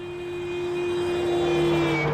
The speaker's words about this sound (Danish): Og så drøner bilen forbi.